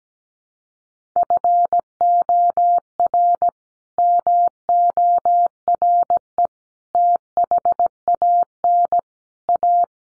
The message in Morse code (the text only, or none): FOR MORE THAN A